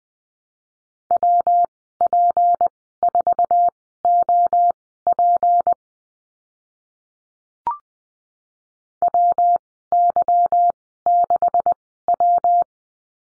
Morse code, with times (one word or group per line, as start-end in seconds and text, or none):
1.1-5.7 WP4OP
9.0-12.6 WY6W